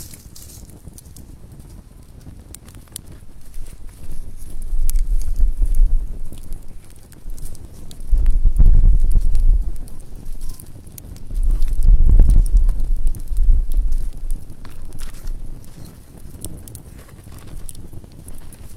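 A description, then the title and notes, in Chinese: A calm campfire at night, with small sharp crackles and pops scattered across the whole clip. Low, soft rumbling swells rise and fall underneath, strongest around five, nine and twelve seconds, then settle back to a quieter bed of crackling. 晚上平静的篝火声。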